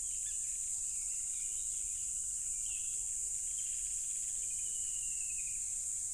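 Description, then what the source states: Crickets hold a piercing, unbroken high drone, with faint bird whistles and soft low notes in the background. Loud crickets at a tropical river.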